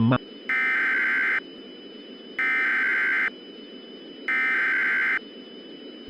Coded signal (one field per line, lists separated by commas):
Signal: Emergency Alert System (SAME) tones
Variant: header bursts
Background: speech